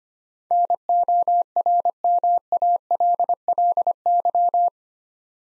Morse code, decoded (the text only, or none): NORMALLY